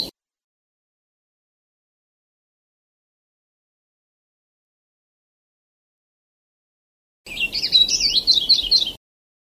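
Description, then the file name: Sulawesi leaf warbler song, one brief burst of quick, thin, up-and-down twittering notes near the end, after a long silent stretch. "kicauan cikrak sulawesi. omkicau"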